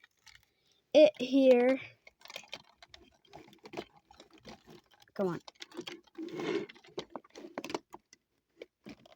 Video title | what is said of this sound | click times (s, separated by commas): Megazord Review | Come on. There we go. Snap. You probably heard that. | 7.6 s